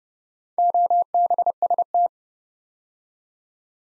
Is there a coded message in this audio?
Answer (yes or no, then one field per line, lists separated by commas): yes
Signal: Morse code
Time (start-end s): 0.6-2.1 s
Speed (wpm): 30 wpm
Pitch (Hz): 700 Hz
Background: none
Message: OBST